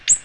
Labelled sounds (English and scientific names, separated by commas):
Ovenbird (Seiurus aurocapilla) flight call